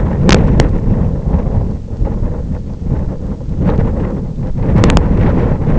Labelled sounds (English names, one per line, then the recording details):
none
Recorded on Arctic tundra, site IGLO-F, on 26 June 2018
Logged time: 08:00